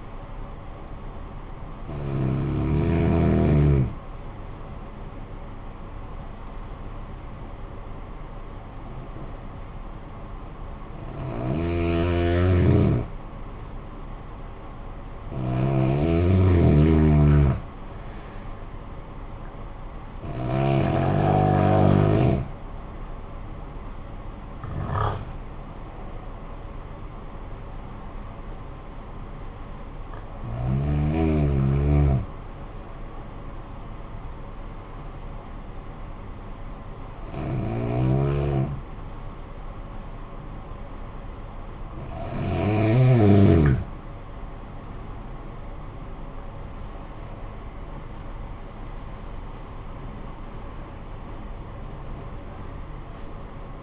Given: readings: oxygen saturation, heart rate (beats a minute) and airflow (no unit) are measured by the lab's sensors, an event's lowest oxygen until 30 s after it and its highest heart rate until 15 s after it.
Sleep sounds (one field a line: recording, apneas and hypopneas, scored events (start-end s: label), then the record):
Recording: breathing in sleep by a smartphone at the bedside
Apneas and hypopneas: 2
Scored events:
6.00-24.30 s: hypopnea (N2, oxygen 94% highest, then 92% lowest, heart rate 52 at the start, 67 highest)
30.00-53.83 s: new sleep stage, N1 (lightest sleep)
33.00-44.30 s: hypopnea (N1, oxygen 94% highest, then 94% lowest, heart rate 56 at the start, 79 highest)
From the record:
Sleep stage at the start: N2 (light sleep)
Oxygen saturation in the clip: 88 to 96%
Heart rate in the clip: 49 to 78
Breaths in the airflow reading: 11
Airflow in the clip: -11.8 to 13.3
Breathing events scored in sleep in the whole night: 445 in 7.6 hours asleep